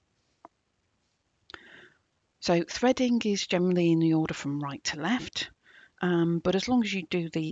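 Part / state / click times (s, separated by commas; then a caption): top cover unit into sewing machine body / seated / 0.5 s, 1.5 s. The top cover unit of a Janome Coverpro 3000 coverstitch sewing machine is pushed back down into the machine body to re-engage it, and it clicks into place. Two sharp clicks sound at 0.4 s and 1.5 s, and it is unclear which one is the final latch. Someone then talks.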